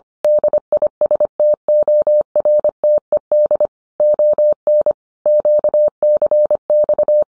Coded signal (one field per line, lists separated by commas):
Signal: Morse code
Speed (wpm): 25 wpm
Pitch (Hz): 600 Hz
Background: none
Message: DISTORTED ON QCX